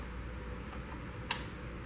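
A single-wire connector on the undercarriage wiring harness of an HRT-5H toaster is pushed into its mating connector and locks into place. Over a steady low hum, one sharp, short click sounds at 1.3 s, and the connector is seated.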